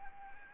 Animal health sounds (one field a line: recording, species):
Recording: mosquito wingbeat signal from an infrared sensor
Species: Anopheles arabiensis